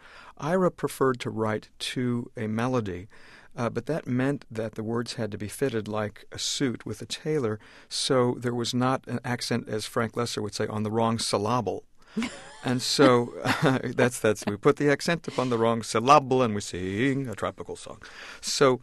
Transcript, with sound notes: Ira preferred to write to a melody, but that meant that the words had to be fitted like a suit with a tailor so there was not an accent, as Frank Loesser would say, on the wrong syllable.
(LAUGHTER)
And so - we put the accent upon the wrong syllable, and we sing a tropical song.